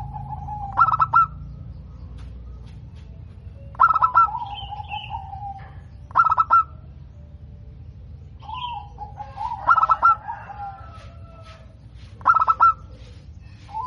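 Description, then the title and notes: Zebra dove song phrases of quick stuttering coo pulses repeated every few seconds, with lower trailing coos and a few brief higher whistles from another bird. Local perkutut, described as gacor (singing frequently) with a loud, clear 'crystal' voice. "PERKUTUT LOKAL GACOR Suara KRISTAL LANTANG. Kicau Burung Perkutut"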